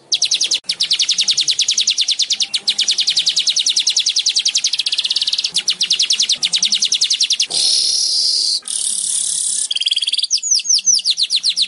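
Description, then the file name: Weaver song opening with an extended rapid clicking rattle, followed by two harsh buzzy phrases and slurred notes. "Tieng chim dong doc chim rong roc dau vang"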